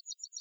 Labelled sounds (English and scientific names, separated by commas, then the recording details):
Yellowhammer (Emberiza citrinella) song
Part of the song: start
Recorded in the Czech Republic on 7 July 2013
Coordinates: 49.983, 15.276
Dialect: BC
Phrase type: I8
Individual 315239